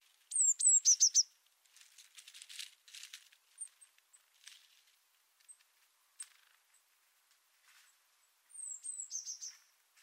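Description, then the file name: Eurasian blue tit giving a high whistle then buzzy churring notes at the start and again near the end, with soft scratchy rustling and faint ticks in between. "Cyanistes caeruleus"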